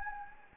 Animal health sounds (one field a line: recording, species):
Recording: mosquito wingbeat signal from an infrared sensor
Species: Anopheles gambiae